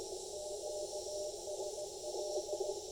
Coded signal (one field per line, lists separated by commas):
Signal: Morse code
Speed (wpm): 17 wpm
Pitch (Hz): 600 Hz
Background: none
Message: QSL